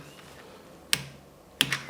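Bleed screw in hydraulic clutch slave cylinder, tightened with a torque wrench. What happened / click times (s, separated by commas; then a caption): The torque wrench clicked over twice at its set torque / 0.9 s, 1.6 s. A torque wrench set to 7 Nm tightens the bleed screw on the hydraulic clutch slave cylinder of a BMW R 1200 GS. Two sharp clicks sound at 0.9 s and 1.6 s as the wrench breaks over, with a softer tap just after the second. The screw is torqued to its setting.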